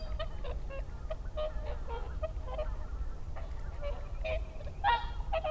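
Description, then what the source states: Whooper swan honks, a string of short overlapping trumpeting notes, louder toward the end, over a steady low rumble. Recorded 30 December 2009.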